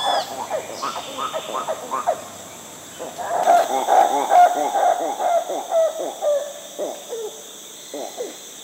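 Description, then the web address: Yellow-handed titi monkey call bout: rapid repeated hooting notes at a fast, fairly steady rhythm, pausing briefly before a loud rolling series, with continuous insect buzzing behind. Primate of the South American rainforest. "Natures Songs S America Primates of the Rainforest Yellow-handed titi monkey"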